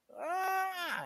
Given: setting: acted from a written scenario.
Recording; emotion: vocal sound without words; pain